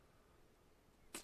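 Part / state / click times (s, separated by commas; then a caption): removable kick plate into the jukebox cabinet, held by magnets / seated / 1.1 s. The removable bottom kick plate of a wooden jukebox cabinet, held on by a couple of magnets and made easy to remove for getting quarters out, is put back on. After about a second of quiet background, a sharp, bright snap at 1.2 s is quickly followed by a smaller one. The plate is seated, snapped into place.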